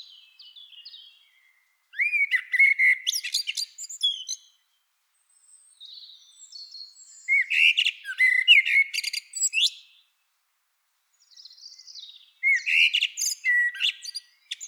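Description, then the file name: Eurasian blackbird singing three phrases, soft high introductory notes then mellow whistled warbles and squeaky high twittering, with short pauses between. "Turdus merula"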